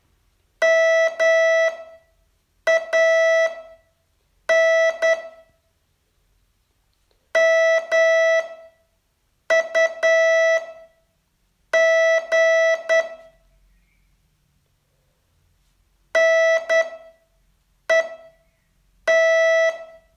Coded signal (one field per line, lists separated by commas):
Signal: Morse code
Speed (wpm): 10 wpm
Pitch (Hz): 660 Hz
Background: none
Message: MAN MUG NET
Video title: Learn Morse in 42 Days from VU2LAU - day 36 test 2